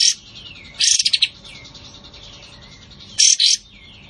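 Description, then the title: Cream-vented Bulbul giving short, harsh chattering bursts, with faint thin descending whistles running underneath. Bird-training master recording of a strongly singing bird delivering rapid, tightly packed 'tembakan' bursts. "Masteran Kapas Tembak Ampuh. Kapas Tembak Gacor Tembakan Rapat buat Masteran"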